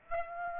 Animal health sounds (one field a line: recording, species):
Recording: mosquito wingbeat signal from an infrared sensor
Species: Aedes aegypti